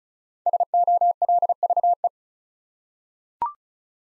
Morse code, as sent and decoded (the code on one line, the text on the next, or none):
... --- .-.. ...- .
SOLVE